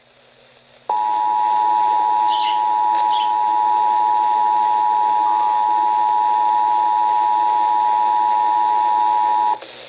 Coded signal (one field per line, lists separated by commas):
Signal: Emergency Alert System (SAME) tones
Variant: 853 and 960 Hz attention tone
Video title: IT'S HAPPENING!!! EAS Alerts from 7/8/17 (EAS #319 - 336)